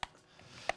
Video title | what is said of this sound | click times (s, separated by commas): ShopOnTV Live Stream | to the base of the okay right um but you've got three little clicks | 0.0 s, 0.4 s, 0.7 s